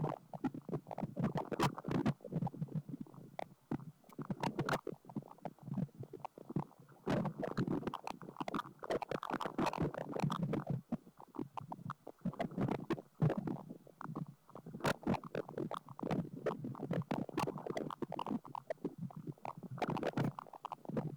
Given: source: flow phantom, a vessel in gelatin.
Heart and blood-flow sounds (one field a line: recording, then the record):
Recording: Doppler ultrasound of air bubbles in flowing water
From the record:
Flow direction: away from the transducer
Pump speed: 250 rpm (900 mL/min)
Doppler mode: pulsed wave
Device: 7 MHz transducer